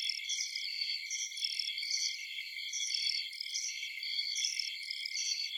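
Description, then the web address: Insects chirping in a dense high chorus, overlapping pulsing trills with a steady shimmering background, no other sounds. Insects at night in a forest. "Blastwave INSECTS Amb Night Forest"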